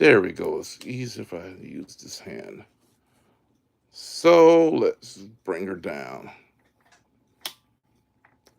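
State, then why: Seated. A night vision device on a flip-down mount is brought down into its lowered position while someone talks. A loud, sharp click at 7.4 s marks the flip-down arm latching, and the device locks into place.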